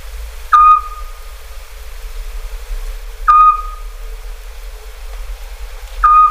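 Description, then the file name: Eurasian scops owl giving a single short, pure whistled note, repeated steadily about every two and a half seconds over quiet background hiss. "Hibou Petit duc"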